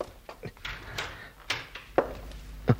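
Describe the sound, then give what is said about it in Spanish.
A door opens with a low scraping rub and a series of soft knocks and thuds, ending in a couple of sharper clunks as it swings free. No one speaks. “La puerta está abierta.”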